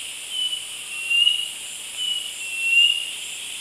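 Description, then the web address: Cinereous mourner song: four short, thin whistled notes over a steady high buzzing background. Eastern lowlands of South America. "S America Eastern Lowlands 441-01 Laniocera hypopyrra, song"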